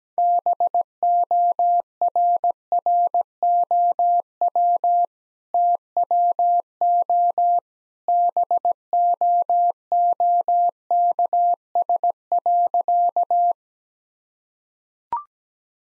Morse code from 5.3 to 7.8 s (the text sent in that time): TWO